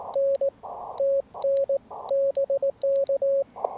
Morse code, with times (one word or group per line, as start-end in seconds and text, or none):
0.2-0.5 N
1.0-1.8 TN
2.1-3.4 BK